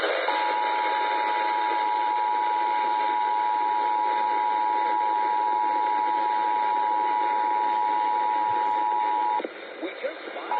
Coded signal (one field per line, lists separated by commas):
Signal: Emergency Alert System (SAME) tones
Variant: 853 and 960 Hz attention tone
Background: speech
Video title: [EAS #47-#48] Very late Riverside & San Bernardino testing stuff from spring break 💀